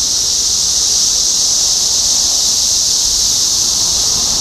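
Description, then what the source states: Cicadas heard as a dense, high, level buzzing wall of sound, steady from start to finish. Topeka, Kansas; 14 June 2015.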